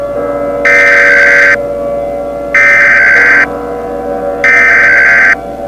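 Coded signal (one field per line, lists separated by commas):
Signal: Emergency Alert System (SAME) tones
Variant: header bursts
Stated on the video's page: Fictional tornado EAS scenario using valid EAS tones.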